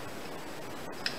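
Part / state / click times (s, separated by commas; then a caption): alarm control panel onto its wall mounting bracket / seated / 1.1 s. A plastic alarm control panel is closed and rocked up onto its wall mounting plate until it snaps into place. One sharp tick is heard at 1.1 s over a low, steady background, and the panel is seated.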